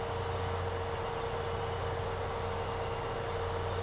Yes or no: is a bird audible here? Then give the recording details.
no. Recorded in secondary vegetation near Puerto Asís, Putumayo, Colombia, on 13 March 2025 at 06:00. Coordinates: 0.468, -76.324. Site G059